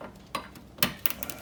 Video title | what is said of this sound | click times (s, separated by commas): Counterfeit Car Part Exposed! Car Owners Need To Be Aware! Fake Plugs - 2010-2015 Prius | let's take our wiring loom and we just snap these back in | 0.3 s, 0.8 s, 1.1 s